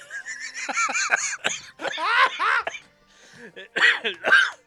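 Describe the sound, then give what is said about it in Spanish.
A run of breathy, high-pitched laughter in short bursts, pausing briefly before a final couple of rough, coughing outbursts that close it off. “Risa termina en tos.”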